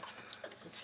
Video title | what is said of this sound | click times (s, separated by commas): BEST DIY Honda Acura V6 J Series Timing Belt Replacement How To PART 2 Bundys Garage | It locks in place that way. | 0.3 s